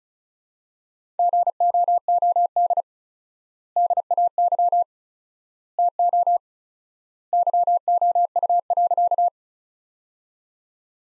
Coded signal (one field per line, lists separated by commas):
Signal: Morse code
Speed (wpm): 34 wpm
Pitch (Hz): 700 Hz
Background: none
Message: GOOD DAY TO YOU.